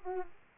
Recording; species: mosquito wingbeat signal from an infrared sensor; Aedes aegypti